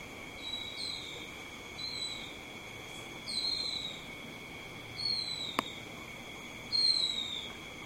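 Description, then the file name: Silvereye giving high descending whistles, single and paired, spaced irregularly over several seconds, with a brief click and a constant high background tone. Subspecies vegetus. "Zosterops Lateralis Vegetus"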